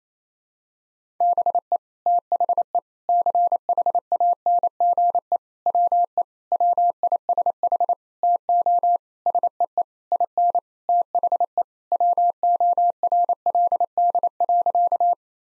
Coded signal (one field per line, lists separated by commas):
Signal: Morse code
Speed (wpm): 27 wpm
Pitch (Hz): 700 Hz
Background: none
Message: BE THE CHANGE WE WISH TO SEE IN THE WORLD.